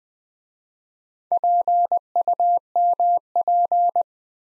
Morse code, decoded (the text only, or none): PUMP